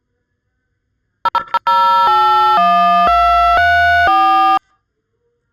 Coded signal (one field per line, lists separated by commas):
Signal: DTMF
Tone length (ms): 500 ms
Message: 000812344